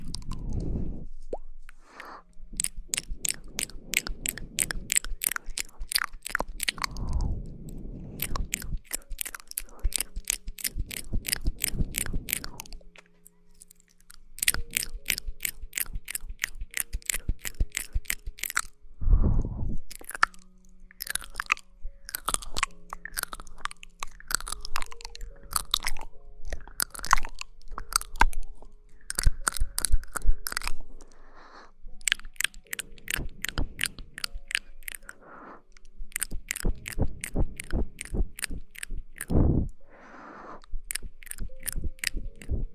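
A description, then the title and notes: Mouth sounds: rapid wet clicks, smacks and crunchy chewing noises come in dense bursts, with brief pauses between runs. Occasional low thumps stand out near 7, 19 and 40 seconds, and a faint low hum sits under much of it. Mouth Sounds.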